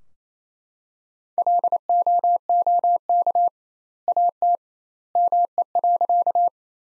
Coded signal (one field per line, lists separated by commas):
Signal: Morse code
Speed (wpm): 28 wpm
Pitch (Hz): 700 Hz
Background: none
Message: LOOK AT ME.